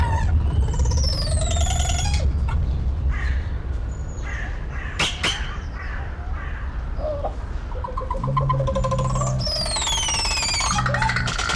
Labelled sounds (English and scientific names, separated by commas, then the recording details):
Black Curassow (Crax alector) call
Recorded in captivity
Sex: pair
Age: adult
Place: Zoo Berlin, Berlin, DE
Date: 1994-03-05 11:04
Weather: heiter, 4°C, Windböen
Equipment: Marantz CP 430, Sennheiser ME 80, Kopie Uher Variocord 263
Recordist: Tembrock, Günter